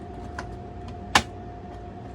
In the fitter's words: and you just kind of like shove it up into the lip and it just kind of pops into place